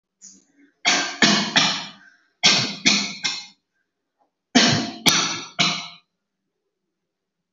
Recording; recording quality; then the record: shallow voluntary cough; excellent, no background noise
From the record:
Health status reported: healthy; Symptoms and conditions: none ticked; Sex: female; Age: 31 years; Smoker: not ticked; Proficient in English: yes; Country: India